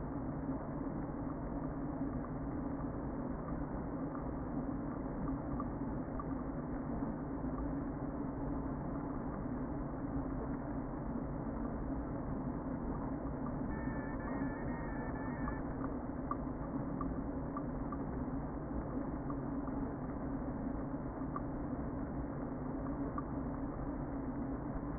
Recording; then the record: honeybee colony, microphone inside the hive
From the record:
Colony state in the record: queen present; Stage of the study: before two queens were removed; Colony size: about 60,000 bees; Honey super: yes